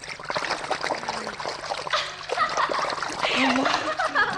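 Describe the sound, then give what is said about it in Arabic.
Water churns and splashes as someone breaks the surface, followed by steady dribbling and trickling that swells louder toward the end. “طب غابت ليه تحت المية وتقول لي استناني، هي عادت حترجع تاني.”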